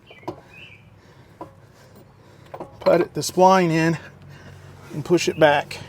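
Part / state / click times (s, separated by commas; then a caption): CV axle into transmission / not seated / none. The driver-side CV axle from a 2014 AWD 3.6-litre Dodge Journey is picked up and its splined end is lined up with the transmission, with short handling knocks at about 0.3, 1.4, 2.5 and 2.6 seconds. Someone talks through the second half. Nothing has seated or clicked yet.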